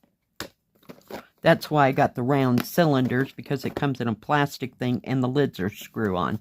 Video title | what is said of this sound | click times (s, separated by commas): Review of the BiggestCraft Store Something Different & A Tool 6/17/24 | It locks into place. | 0.4 s